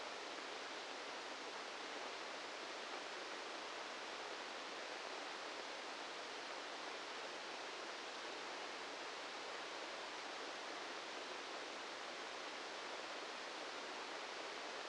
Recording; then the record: brain microelectrode recording played as sound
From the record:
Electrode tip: outside the subthalamic nucleus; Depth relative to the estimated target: -8 mm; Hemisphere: right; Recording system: NeuroSet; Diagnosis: Parkinson's disease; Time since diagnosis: 10 years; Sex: male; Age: 56 years